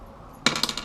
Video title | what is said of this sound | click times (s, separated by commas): [iblackfish] Snafu Rig, T-Knot Snafu, Slimfoo, Rig to Main Line Connection | you're gonna kind of hear a click there | 0.5 s